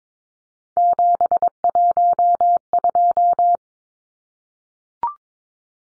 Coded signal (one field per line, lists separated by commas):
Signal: Morse code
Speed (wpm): 22 wpm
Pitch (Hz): 700 Hz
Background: none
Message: 712